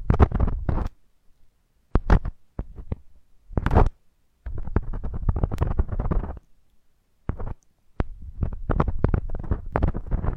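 Fine touching on an ear: muffled, thumpy rubbing that comes in bursts separated by stretches of silence. Longer rustling passages run from about 4.5 to 6.5 seconds and again after 8 seconds, dotted with sharp little clicks and taps.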